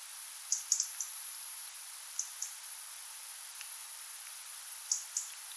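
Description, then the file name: European robin giving hard, high ticking calls in short clusters, spaced a second or more apart, with a thin steady whine in the background. "Erithacus rubecula"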